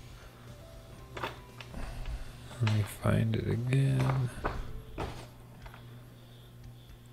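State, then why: Seated. A new LG refrigerator door is lowered and opened so the hole under it drops onto the lower hinge pin, and it clicks into place at 5.0 s, confirmed seated. Someone talks over a few softer knocks and handling sounds before the click.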